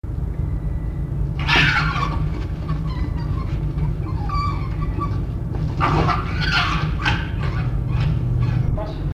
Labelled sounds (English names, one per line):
Red Fox